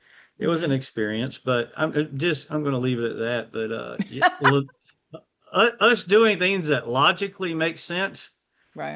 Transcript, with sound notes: and it was an experience, but I'm just, I'm gonna leave it at that, but, uh...
(laughs)
Us doing things that logically make sense...
Right.